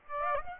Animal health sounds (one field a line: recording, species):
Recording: mosquito wingbeat signal from an infrared sensor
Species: Aedes aegypti